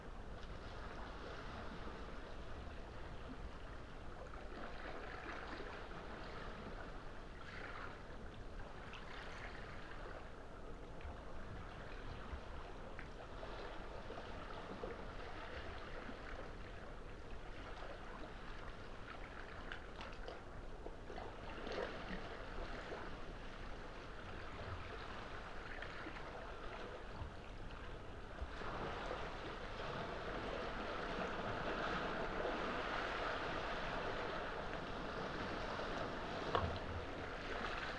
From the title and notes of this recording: Slow waves in the night quiet. The night we set up the Lento box in Weymouth to capture this episode ran very much the same as every other night record. The tree we found in a quiet secluded shoreline spot felt mysterious in the inky dark under a full moon. Still in fact we could hear even the tiniest details of the shifting waves.